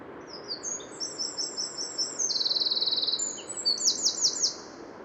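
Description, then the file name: Eurasian wren song, a loud rapid torrent of very high trills and twittering notes with a fast rattling middle section, over a steady background hiss. "Troglodytes troglodytes"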